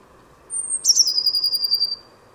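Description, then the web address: Bird gives a high thin whistle, then a sudden downward slide into a quick trembling trill that fades out. "Deverinetal 2025 File origin Bird Only Cy Ca"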